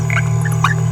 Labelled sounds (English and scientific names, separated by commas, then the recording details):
Green-rumped Parrotlet (Forpus passerinus) babbling
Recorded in a nest box in Venezuela
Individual 18B17A3